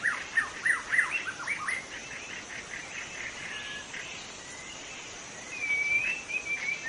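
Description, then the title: White-rumped shama song opening with quick slurred notes, then a softer stretch, and a long wavering whistle near the end. In forest; called murai batu hutan (forest white-rumped shama) in Indonesian. "Suara burung murai batu hutan"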